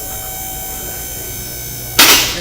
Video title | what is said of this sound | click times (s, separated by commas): Rotate and Balance Tires | we got our buttons and our letter so do is you're going to raise it up going to hear that click | 2.0 s